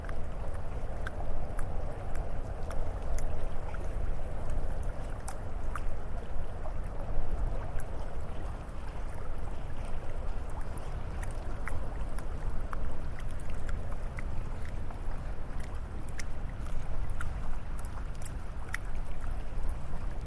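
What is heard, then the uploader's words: Icy lagoon ambience: water laps beneath a steady, low wind rumble that holds for the whole stretch. Sharp fire crackles and pops come often and irregularly throughout, while a softer mid-pitched wash in the first seven seconds gradually thins out. ICY LAGOON AMBIENT. A calming sound of a lapping wave, a gentle breeze, and a soft crackling fire.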